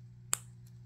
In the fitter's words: there you go now it's snapped in it's Lo locked in place